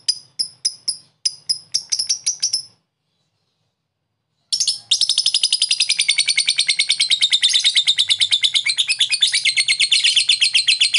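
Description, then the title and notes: Lovebird calling with several spaced, sharp high chips, a silent pause, then a sustained rapid rattling chatter of shrill buzzy notes running to the end. Long "ngekek" chatter, used as a model for training pet birds; Indonesia. "Love bird ngetik ngekek. #lovebirdngekekpanjang. suara burung untuk masteran burung burung anda"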